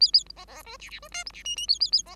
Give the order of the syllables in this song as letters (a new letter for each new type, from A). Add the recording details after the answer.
A A B B C D D C E F D G G A A A B. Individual Bird5